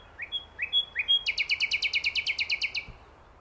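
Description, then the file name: Common nightingale song: three rising whistled notes followed by a long, fast run of loud, evenly repeated chirps. "Luscinia megarhynchos"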